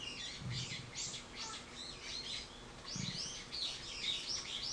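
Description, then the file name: Bird calls, a rapid series of high chirps running almost throughout, with brief soft low thumps in the background. Recorded 24 March 2023. "bird-01 230324"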